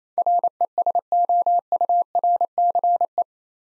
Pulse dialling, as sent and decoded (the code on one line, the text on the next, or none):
none